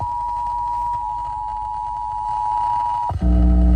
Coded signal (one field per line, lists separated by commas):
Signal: Emergency Alert System (SAME) tones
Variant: 853 and 960 Hz attention tone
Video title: Just some random catches! EAS Alerts from 10/30 - 11/27. [EAS #3,468 - 3,493]